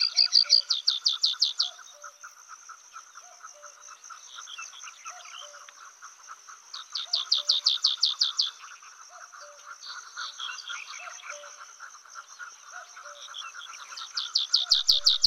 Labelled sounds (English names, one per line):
White-capped Bunting song